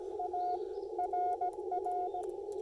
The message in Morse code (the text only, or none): ARR